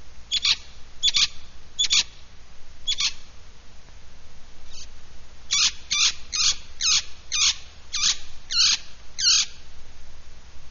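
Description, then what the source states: Hispaniolan parrot making loud, raspy screeches, a few spaced notes and then a quicker run of harsh squawks. Local name Cotorra.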